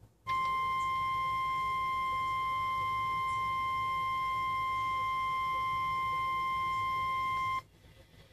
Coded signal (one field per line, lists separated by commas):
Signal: Emergency Alert System (SAME) tones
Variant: 1050 Hz attention tone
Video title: TV EAS 20 and Radio EAS 12 - SVA 10